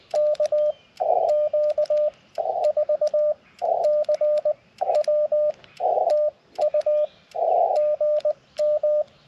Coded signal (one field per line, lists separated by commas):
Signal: Morse code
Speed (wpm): 20 wpm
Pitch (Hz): 590 Hz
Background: radio noise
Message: KQ4CW TU GM